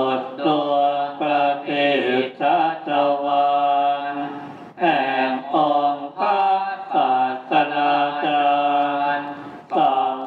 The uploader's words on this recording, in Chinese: 片段三：20180122，曼谷金佛寺诵经。